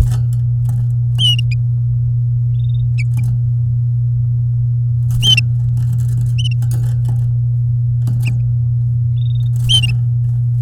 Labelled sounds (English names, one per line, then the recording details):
Domestic Canary song
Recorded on 9 May 2018 at 09:38
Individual llb16